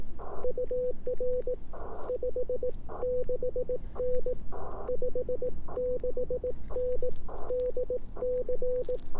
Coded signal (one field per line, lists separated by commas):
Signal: Morse code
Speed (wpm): 18 wpm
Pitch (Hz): 500 Hz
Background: none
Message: UR 56N 56N DC